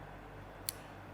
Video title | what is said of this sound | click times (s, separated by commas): 4. Penggunaan Alat Ukur: Mikrometer Sekrup | kalau misalkan sudah terdengar bunyi fix seperti itu selanjutnya adalah kita kunci | 0.7 s